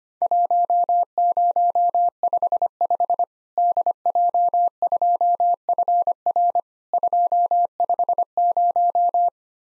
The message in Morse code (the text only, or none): 1055 DJ2FR 250